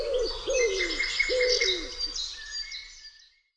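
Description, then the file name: Common wood pigeon coos: three low, hollow notes slurring downward, with thin high songbird calls carrying on above before everything fades out. "grzywacz"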